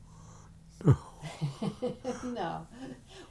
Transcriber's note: laughs